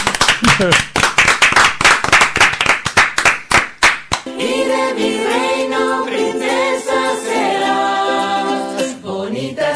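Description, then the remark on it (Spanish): An audience claps loudly and steadily for about four seconds, the sharp dense claps fading out as a sustained, tonal musical passage takes over for the rest. “Un aplauso con una sonrisa.”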